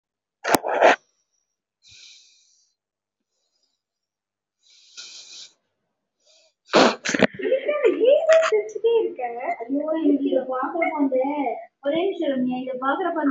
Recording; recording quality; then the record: shallow breathing; moderate, slight background noise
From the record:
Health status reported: COVID-19 positive, no symptoms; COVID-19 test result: positive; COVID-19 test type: RT-PCR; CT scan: not taken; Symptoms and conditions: cough, cold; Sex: female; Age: 24 years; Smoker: no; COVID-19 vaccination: none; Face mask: worn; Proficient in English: yes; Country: India